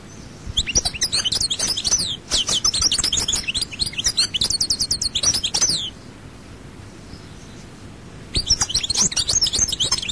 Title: Chant Chardonneret